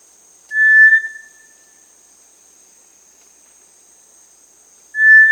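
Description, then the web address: Cinereous Tinamou giving a flat, pure whistled note lasting under a second, then another begins about four seconds later; otherwise near silence. Recorded in Peru. "Birds of the Amazon 1. Cinereous Tinamou (Crypturellus cinereus), Peru"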